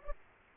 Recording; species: mosquito wingbeat signal from an infrared sensor; Aedes aegypti